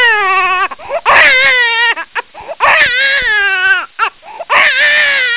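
High-pitched, wavering infant crying comes in about four drawn-out wails, each followed by short catching breaths and whimpers. The cries are loud and tonal, with pitch that wavers and drifts downward within each wail, typical of an ordinary baby's cry.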